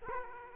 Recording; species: mosquito wingbeat signal from an infrared sensor; Culex quinquefasciatus